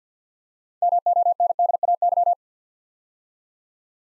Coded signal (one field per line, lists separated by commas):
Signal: Morse code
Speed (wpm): 46 wpm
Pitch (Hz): 700 Hz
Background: none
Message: MONDAY